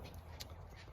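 With the tabs turned down, a water canister is pushed back into its slot in the rear drawer of a HiAce Vantour campervan. Two brief knocks of handling are heard at about 0.1 s and 0.4 s over a steady low rumble. Nothing has seated or clicked yet.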